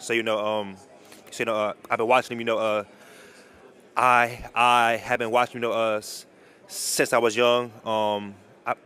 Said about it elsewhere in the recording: A young man. He's speaking up after receiving hate for his speech impediment. I have had this stutter since I can remember.